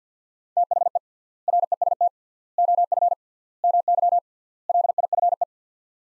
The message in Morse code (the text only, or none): THE REST OF MY LIFE